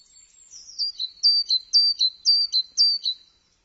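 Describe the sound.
Bird calling in a rapid series of high, thin chirps, each a sharp downward-sliding note followed by a short flick, about two per second, on a quiet background.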